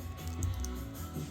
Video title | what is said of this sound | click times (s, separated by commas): Whisper and Storm Cloud Minicon two-pack - Transformers Tuesdays | just snap those feet in, and that should just click into place. | 0.4 s, 0.6 s